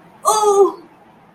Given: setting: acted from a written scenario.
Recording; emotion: vocal sound without words; pain